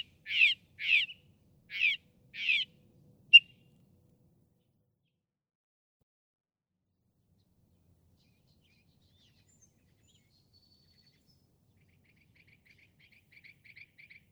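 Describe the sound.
Northern mockingbird giving four harsh, grating notes in quick succession, then a sharp click, followed by a long quiet stretch and a faint high twittering near the end.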